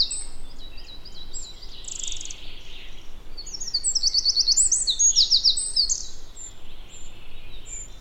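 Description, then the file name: Eurasian wren, high rapid trilled phrases with sharp ticking notes, loudest in the middle seconds, over steady low rumbling background noise. "Troglodytes troglodytes"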